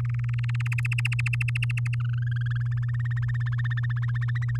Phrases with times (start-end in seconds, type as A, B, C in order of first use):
0.00-0.68 A, 0.71-1.95 B, 2.00-3.43 C, 3.46-4.57 D